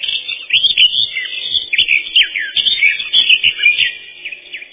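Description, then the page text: Eurasian blackcap delivering a dense, hurried warble, quick sweeping whistles and chatters tumbling together without pause. Song described as a set of very beautiful fluty whistles, constantly changing in loudness. "Славка-черноголовка — Sylvia atricapilla"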